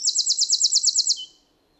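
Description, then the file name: Eurasian wren trill: a loud, high, rapid rattle of about a dozen evenly repeated notes over roughly a second, closing with a brief lower note, then silence. "Troglodytes troglodytes"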